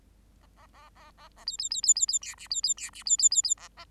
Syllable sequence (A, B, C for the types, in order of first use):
A A A A A A B B B B B B C D B B C D B B B B A A